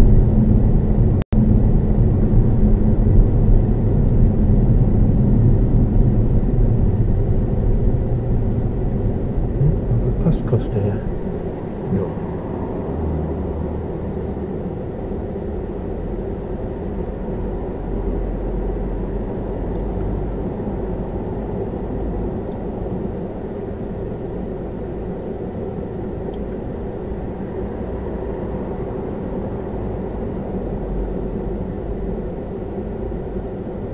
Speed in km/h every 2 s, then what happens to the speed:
27, 26, 23, 15, 10, 0, 0, 0, 0, 0, 0, 0, 0, 0, 0, 0, 0.
3-10 brakes to 0. 10-34 standing.